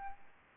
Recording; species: mosquito wingbeat signal from an infrared sensor; Aedes aegypti